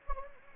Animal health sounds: mosquito wingbeat signal from an infrared sensor; Anopheles gambiae

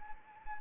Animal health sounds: mosquito wingbeat signal from an infrared sensor; Anopheles arabiensis

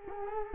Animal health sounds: mosquito wingbeat signal from an infrared sensor; Culex quinquefasciatus

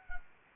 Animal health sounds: mosquito wingbeat signal from an infrared sensor; Anopheles arabiensis

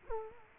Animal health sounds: mosquito wingbeat signal from an infrared sensor; Culex quinquefasciatus

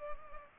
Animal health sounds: mosquito wingbeat signal from an infrared sensor; Culex pipiens

